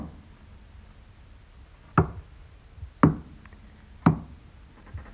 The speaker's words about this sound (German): Man kann ihn noch analysieren mit dem Verstand, ah ja, das ist lang, kurz, kurz, aber man kann ihn nicht mehr mitatmen oder wirklich einsteigen. Man kann ihn, ich kann ihn auch so klatschen.